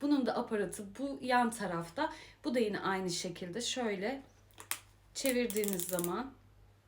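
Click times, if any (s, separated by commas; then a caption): none. Someone talks while handling the rotary lace-tightening dial on the side of a child's shoe, a dial that ratchets thin wire laces tight. A few faint, sharp ticks come at about 4.5–4.7 s during a pause in the talk. The clip ends before the dial is turned home, so nothing has seated or clicked yet.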